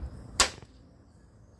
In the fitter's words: and you can actually hear it click perfectly into place here